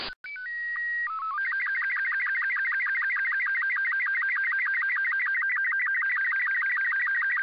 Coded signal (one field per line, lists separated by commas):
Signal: SSTV (slow-scan television)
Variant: Robot 36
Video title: September 22nd, 2019 - Voice Repeater (SSTV) RX Only Lapan IO-86